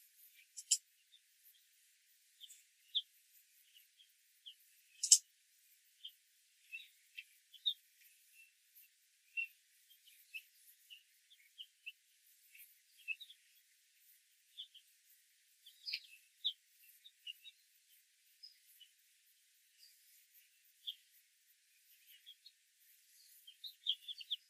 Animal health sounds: young laying hens in a cage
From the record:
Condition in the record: control cage, after the stress test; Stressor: none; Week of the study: 4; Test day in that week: 1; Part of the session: 1

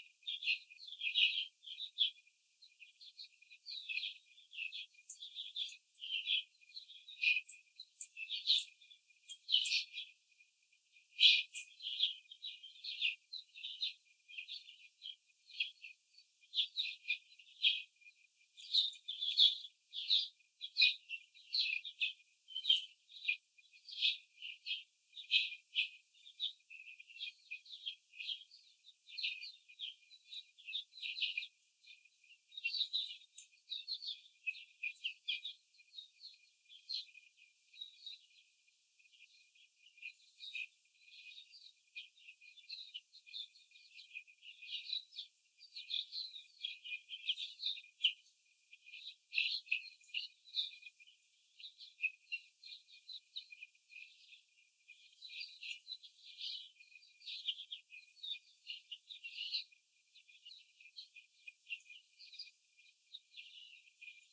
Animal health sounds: young laying hens in a cage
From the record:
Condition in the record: after the stressor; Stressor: simulated dog barking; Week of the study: 4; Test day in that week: 3

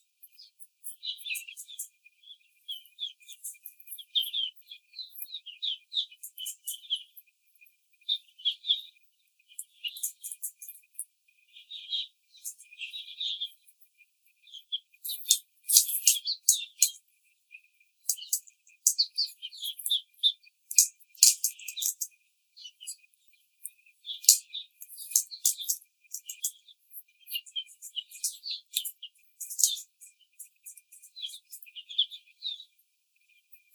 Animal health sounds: young laying hens in a cage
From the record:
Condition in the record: treatment cage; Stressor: simulated dog barking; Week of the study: 5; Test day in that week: 1

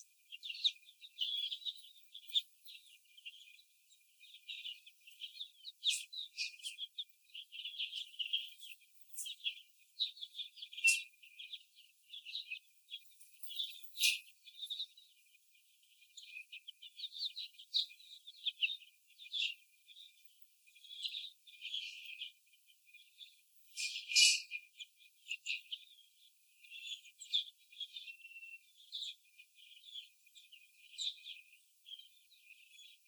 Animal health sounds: young laying hens in a cage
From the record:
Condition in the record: after the stressor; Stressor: sudden umbrella opening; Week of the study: 2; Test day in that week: 1

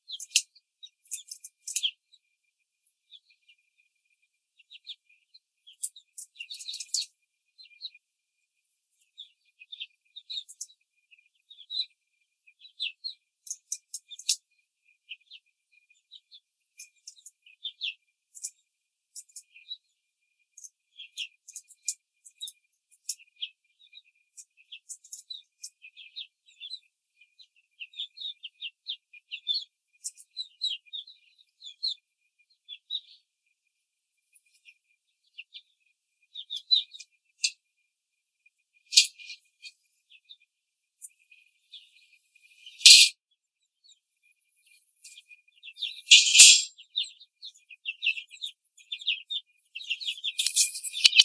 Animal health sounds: young laying hens in a cage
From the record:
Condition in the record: control cage, before the stress test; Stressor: none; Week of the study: 4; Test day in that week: 3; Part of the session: 4

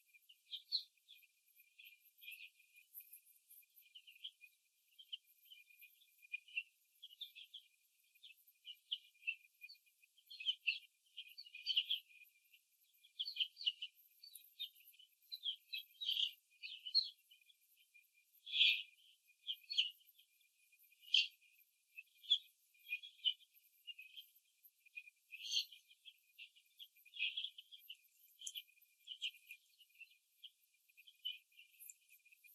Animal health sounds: young laying hens in a cage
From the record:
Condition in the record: before the stressor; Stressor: simulated dog barking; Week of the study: 2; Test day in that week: 3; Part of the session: 1

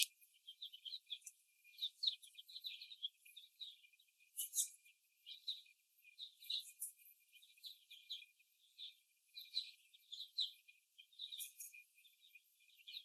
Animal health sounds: young laying hens in a cage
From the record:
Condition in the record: before the stressor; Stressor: simulated dog barking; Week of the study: 1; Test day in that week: 2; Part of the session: 4

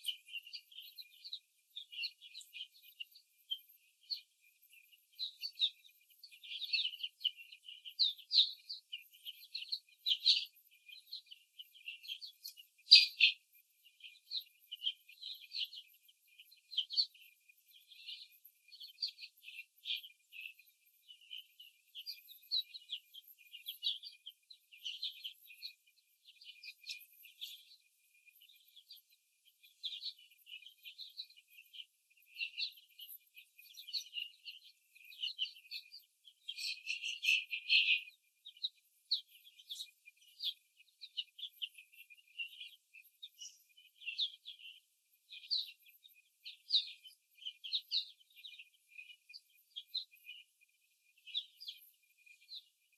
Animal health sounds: young laying hens in a cage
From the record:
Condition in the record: before the stressor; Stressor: simulated dog barking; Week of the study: 3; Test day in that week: 1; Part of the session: 3

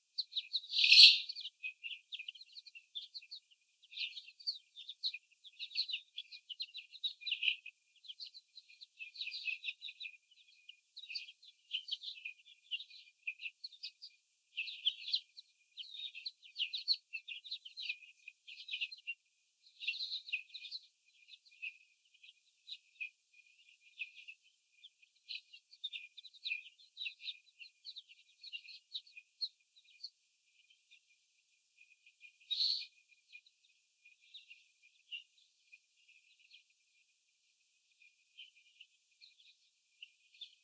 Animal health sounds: young laying hens in a cage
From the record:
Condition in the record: after the stressor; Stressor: sudden umbrella opening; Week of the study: 3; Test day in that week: 2

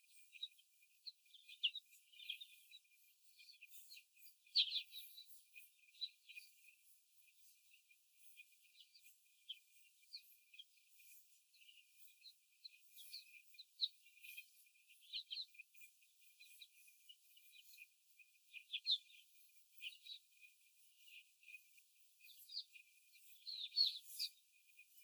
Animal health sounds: young laying hens in a cage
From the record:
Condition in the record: before the stressor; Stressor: simulated dog barking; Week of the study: 4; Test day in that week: 1

